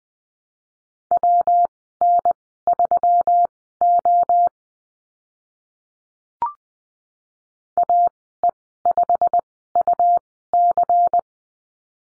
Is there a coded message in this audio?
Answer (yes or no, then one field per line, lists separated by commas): yes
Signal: Morse code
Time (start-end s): 1.1-11.2 s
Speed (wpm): 20 wpm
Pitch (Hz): 700 Hz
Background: none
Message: WN3O AE5UC